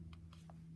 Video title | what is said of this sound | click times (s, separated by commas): Powerbot Ultimate IPhone 6/6S Charging Case Review with Simultaneous Charging Builtin | you hear that click you know it's properly secured | 0.1 s